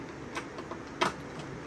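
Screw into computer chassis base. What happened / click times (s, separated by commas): Screw did not bite; hole seems stripped / 0.7 s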